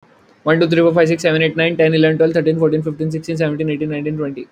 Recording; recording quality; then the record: counting at a fast pace; excellent, no background noise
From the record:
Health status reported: healthy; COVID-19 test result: not tested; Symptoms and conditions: cough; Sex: male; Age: 20 years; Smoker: not ticked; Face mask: not worn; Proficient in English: yes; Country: India